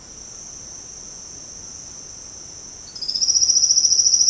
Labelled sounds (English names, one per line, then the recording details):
none
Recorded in secondary vegetation near Puerto Asís, Putumayo, Colombia, on 13 March 2025 at 09:30
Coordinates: 0.485, -76.322
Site G040